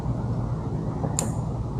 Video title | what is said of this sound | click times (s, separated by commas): $110.00 PIAA Super Bass Horn - INSTALLATION for Mercedes Sprinter 2019+ | there you hear the click it's locked in tight mhm | 1.2 s